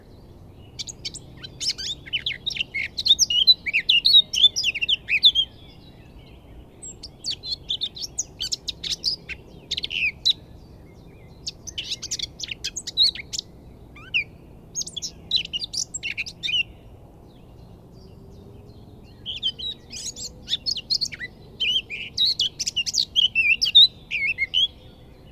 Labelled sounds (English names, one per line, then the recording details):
Eurasian Blackcap
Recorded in the wild
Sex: male
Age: adult
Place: Hobrechtsfelder Rieselfelder, Naturpark Barnim, Berlin, DE
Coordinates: 52.667, 13.4703
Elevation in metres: 60
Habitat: decidous forest
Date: 2014-04-19
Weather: cloudy, almost windless, 5°C
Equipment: Sound Devices 702, Sennheiser MKH 70, Rycote Windschutz
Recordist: Frommolt, Karl-Heinz